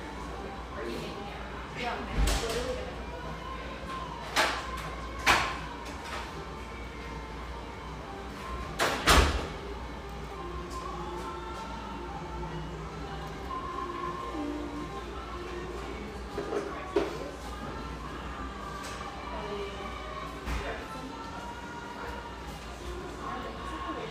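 Steady coffeehouse murmur with voices talking under soft music from a radio, and a constant low hum. Sharp knocks and clatters break through now and then, loudest near 2, 5, 9 and 17 seconds, like cups, a door or furniture.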